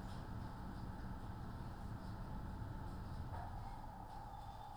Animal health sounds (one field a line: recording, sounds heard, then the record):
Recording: poultry house recording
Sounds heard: no chicken sound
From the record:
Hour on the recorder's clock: 14